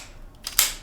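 The hinged plastic lid of a $35 fake AirPods wireless charging case is closed, with faint ticks at 0.3 s and 0.5 s. A magnet then pulls the lid shut with a sharp snap at 0.6 s, seating it closed.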